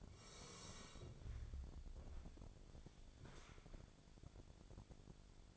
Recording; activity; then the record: daily activity, microphone in the room; sit down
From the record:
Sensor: 5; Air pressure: 1000.5 hPa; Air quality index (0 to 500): 142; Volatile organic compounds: 2 ppm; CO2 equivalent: 1102 ppm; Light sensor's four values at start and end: 47/110/46/48 and 47/110/46/48